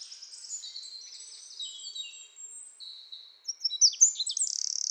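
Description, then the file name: Eurasian wren song, high trilled notes fading through the first seconds, then a louder burst of rapid chattering trills. "Troglodytes troglodytes"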